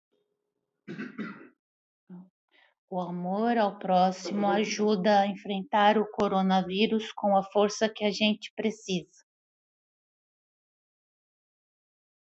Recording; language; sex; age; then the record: spoken sentence; Brazilian Portuguese; male; 50 to 59 years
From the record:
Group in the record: control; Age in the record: 54 years